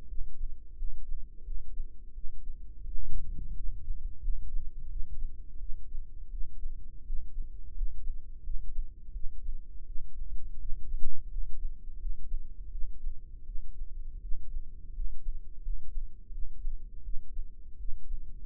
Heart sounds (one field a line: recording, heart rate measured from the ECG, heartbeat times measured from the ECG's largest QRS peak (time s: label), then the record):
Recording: heart sounds by microphone in the right ear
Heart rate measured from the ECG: 85 bpm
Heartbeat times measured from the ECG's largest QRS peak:
0.06 s: heartbeat
0.75 s: heartbeat
1.43 s: heartbeat
2.12 s: heartbeat
2.83 s: heartbeat
3.54 s: heartbeat
4.20 s: heartbeat
4.87 s: heartbeat
5.58 s: heartbeat
6.29 s: heartbeat
7.04 s: heartbeat
7.73 s: heartbeat
8.41 s: heartbeat
9.12 s: heartbeat
9.84 s: heartbeat
10.57 s: heartbeat
11.28 s: heartbeat
11.97 s: heartbeat
12.69 s: heartbeat
13.44 s: heartbeat
14.19 s: heartbeat
14.92 s: heartbeat
15.60 s: heartbeat
16.30 s: heartbeat
17.01 s: heartbeat
17.76 s: heartbeat
From the record:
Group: healthy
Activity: rest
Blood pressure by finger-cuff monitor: 127/91 mmHg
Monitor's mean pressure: 102 mmHg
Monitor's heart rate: 83 bpm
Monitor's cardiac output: 6 L/min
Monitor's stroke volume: 71 mL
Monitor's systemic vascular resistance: 1250 dyn s/cm5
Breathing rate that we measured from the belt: 16 breaths a minute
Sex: male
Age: 21 years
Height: 180 cm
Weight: 67.5 kg